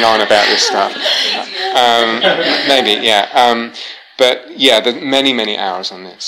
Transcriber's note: laughter